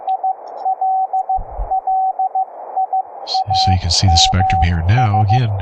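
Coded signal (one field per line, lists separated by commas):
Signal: Morse code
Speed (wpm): 15 wpm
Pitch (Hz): 760 Hz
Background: speech, radio noise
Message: ILLIAMS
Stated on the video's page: Morse contact over the internet, with rig HF audio shared through Mumble and processed with VST plugins.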